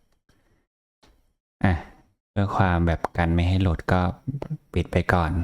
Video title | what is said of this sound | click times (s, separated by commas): Mini4wd Assemble Beak Spider Premium ITEM 19439 | จะเข้าล็อคของมันนะฮะไม่ยากอ่ะ | 0.3 s, 1.0 s